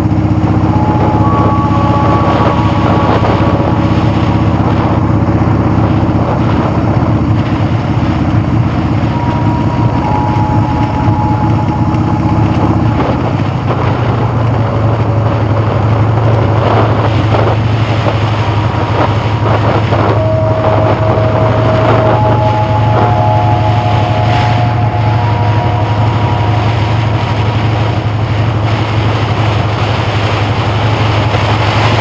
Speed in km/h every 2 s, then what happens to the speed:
40, 31, 42, 27, 31, 26, 31, 37, 35, 39, 37, 42, 39, 45, 44, 47.
4-6 brakes to 27. 7-26 speeds up to 45. 26-32 steady at about 45.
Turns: none.